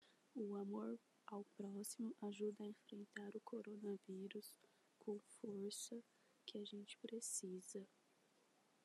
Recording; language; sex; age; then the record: spoken sentence; Brazilian Portuguese; female; 20 to 29 years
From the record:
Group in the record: control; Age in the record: 25 years